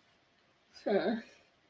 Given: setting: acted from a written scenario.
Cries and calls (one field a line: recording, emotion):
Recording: vocal sound without words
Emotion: shame